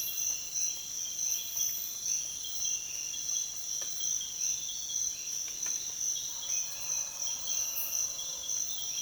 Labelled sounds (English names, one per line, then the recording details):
none
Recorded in dense forest near Puerto Asís, Putumayo, Colombia, on 29 June 2025 at 05:30
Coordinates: 0.484, -76.325
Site H65